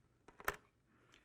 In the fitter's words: and then you just spin till it clicks and then you're good to go